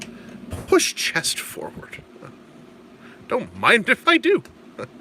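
A plastic chest panel on a transforming action figure is handled as the chest section is pushed forward toward its torso during conversion, while someone talks throughout. The clip ends just before the panel goes home, so nothing has seated or clicked into place yet.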